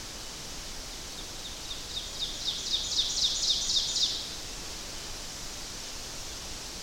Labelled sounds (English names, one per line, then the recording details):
Ovenbird song
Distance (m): 40 m
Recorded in boreal forest in Alberta, Canada, on 12 June 2016 at 07:07
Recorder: SongMeter 3, array SBT-3-18
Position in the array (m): 240 m, 83 m
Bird 31